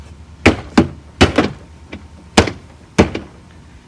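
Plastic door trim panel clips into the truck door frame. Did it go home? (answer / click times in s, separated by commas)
yes / 0.5 s, 0.8 s, 1.2 s, 2.4 s, 3.0 s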